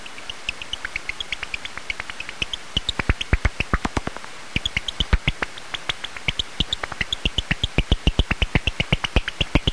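Bat echolocation heard through a detector as rapid dry clicks, several a second, with brief higher chirpy blips mixed in.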